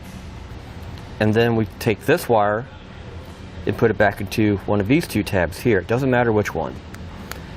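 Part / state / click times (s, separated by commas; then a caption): wire spade terminal into diode tab / seated / 7.3 s. A man talks while a wire's female spade terminal is pushed back onto one of the two tabs of an inline diode from a Roadmaster Universal Hy-Power Diode Wiring Kit on a 2019 Ram 1500, returning the tail light circuit to stock. A single sharp, very short click is heard at 7.3 seconds as the terminal seats on the tab.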